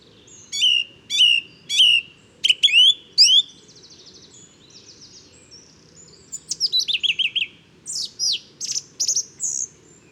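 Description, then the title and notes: Song thrush repeating a sharp whistled phrase five times, pausing, then a rapid run of repeated notes followed by varied rich whistles. Male singing at dawn, inventive and varied song, 12 February 2019, Bois de Château Serein; recorded with Nagra Seven and Telinga Pro7. "Première mélodie de printemps. 12 février 2019-Bois de chateau serein. Grive musicienne (Turdus philomelos). Troglodyte mignon (Troglodytes troglodytes)"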